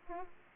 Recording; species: mosquito wingbeat signal from an infrared sensor; Aedes aegypti